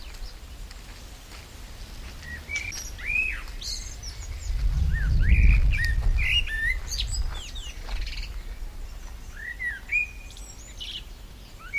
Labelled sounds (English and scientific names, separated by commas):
Common Blackbird (Turdus merula) song